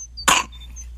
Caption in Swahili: Mbona kikohozi chake kinazidi? Unasikia anavyopumua haraka na kwa shida? Kwa anavyopumua inaweza kuwa nimonia.